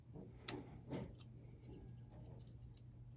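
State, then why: Not seated. A replacement control board / button plate is pressed onto the back of a Canon EOS M mirrorless camera body so its hooks catch the small plastic tabs on the rear housing. Soft handling scrapes and taps are heard, with a sharp tick at 0.5 s and a louder rustle near 1.0 s. Nothing has seated or clicked yet, and the plate is still not home.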